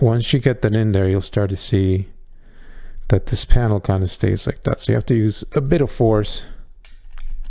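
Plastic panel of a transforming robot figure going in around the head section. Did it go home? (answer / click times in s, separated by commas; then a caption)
no / none. Someone talks while handling a Transformers Studio Series 86 Optimus Prime action figure, pressing a plastic panel in around the head section with a bit of force, and faint clicks and handling noises are heard near the end. Nothing has seated or snapped into place yet.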